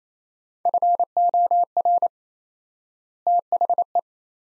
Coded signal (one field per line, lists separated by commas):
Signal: Morse code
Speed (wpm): 27 wpm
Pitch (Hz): 700 Hz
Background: none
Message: FOR THE